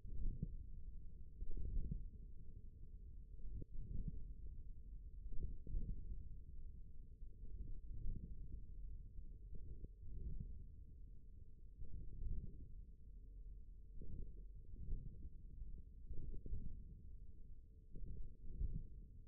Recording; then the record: forearm muscle sounds (acoustic myography)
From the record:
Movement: hand closing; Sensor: system 1, eight BSWA MPA416 microphones around the upper forearm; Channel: 2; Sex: male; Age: 41 years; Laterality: right